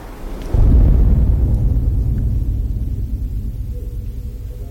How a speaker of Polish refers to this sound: A my teraz, jak słychać, weszliśmy do komory pogłosowej, zamknę drzwi, posłuchajcie, jaki długi jest tutaj pogłos.